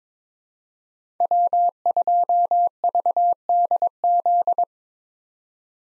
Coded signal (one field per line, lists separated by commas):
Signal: Morse code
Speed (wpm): 22 wpm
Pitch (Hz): 700 Hz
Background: none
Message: W2VDZ